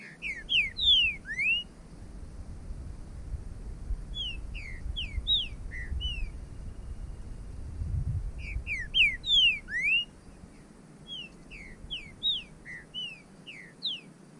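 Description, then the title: Bird song: repeated phrases of bright downslurred and upswept whistles, in about four bursts with gaps, over a low background rumble. "burung"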